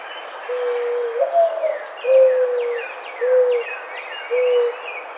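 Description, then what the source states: Mourning dove giving its mournful coo, a rising opening note followed by three level hoots, while other small birds chirp and whistle behind it. Recorded on 5 May 2009.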